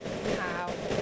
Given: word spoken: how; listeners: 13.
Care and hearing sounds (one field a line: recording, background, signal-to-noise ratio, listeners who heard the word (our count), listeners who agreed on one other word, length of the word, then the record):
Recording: one English word in noise, from a listening test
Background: noise modulated by three-talker babble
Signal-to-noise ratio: -3.4 dB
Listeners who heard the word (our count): 2 of 13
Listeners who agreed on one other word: 9 of 13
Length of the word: 0.62 s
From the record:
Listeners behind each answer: 9, 2, 1, 1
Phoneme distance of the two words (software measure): 10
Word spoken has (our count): 1 syllable, 2 phonemes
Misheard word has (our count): 1 syllable, 2 phonemes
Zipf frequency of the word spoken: 6.33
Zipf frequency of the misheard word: 4.44